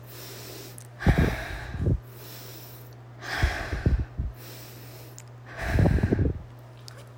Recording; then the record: deep breathing after running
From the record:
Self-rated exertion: light exertion (2 of 6); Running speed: 6 miles an hour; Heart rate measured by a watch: 96 beats a minute at the start, 97 at the end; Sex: female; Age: 30 years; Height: 160 cm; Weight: 51 kg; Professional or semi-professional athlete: no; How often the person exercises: 3 to 5 times a week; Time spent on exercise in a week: over 5 hours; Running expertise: no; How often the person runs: 3 to 5 times a week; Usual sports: running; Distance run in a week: 60 km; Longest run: 42 km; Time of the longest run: 267 minutes